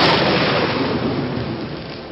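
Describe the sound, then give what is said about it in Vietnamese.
A steady, loud wash of storm noise with dense rain hiss and a deep low rumble of thunder rolling underneath, sustained throughout with only slight swells, as lightning flashes over graves after nightfall. “Tưởng rằng sấm chớp dập chớp lòe làm cho xác chết trong các mộ cạnh đó biến thành quỷ nhập trạng.”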